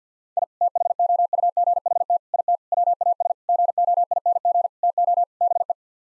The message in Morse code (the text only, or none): I THOUGHT IT WAS GOING TO BE